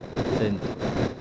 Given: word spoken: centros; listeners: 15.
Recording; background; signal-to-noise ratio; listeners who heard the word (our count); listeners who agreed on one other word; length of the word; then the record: one Spanish word in noise, from a listening test; noise modulated by three-talker babble; -3.9 dB; 1 of 15; 9 of 15; 0.82 s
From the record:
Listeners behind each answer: 9, 1, 1, 1, 1, 1, 1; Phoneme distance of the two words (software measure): 7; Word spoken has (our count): 2 syllables, 7 phonemes, stress on syllable 1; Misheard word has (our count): 2 syllables, 6 phonemes, stress on syllable 1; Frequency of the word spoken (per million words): 98.82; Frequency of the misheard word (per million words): 297.95